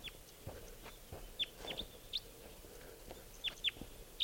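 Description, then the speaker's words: Red crossbill giving several short, sharp chip notes at irregular intervals. Lone wild type 4 red crossbill, a juvenile (bird 597), perched in a tree near the net. "and now I think that one lone type 4 bird is back, and it's perched in a tree near"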